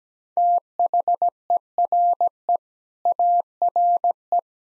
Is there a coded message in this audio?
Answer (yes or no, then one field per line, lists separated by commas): yes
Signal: Morse code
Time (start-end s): 0.4-4.4 s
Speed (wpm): 17 wpm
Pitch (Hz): 700 Hz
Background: none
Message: THERE ARE